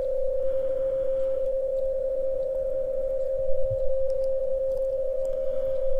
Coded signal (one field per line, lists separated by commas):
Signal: PSK31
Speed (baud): 31.25 baud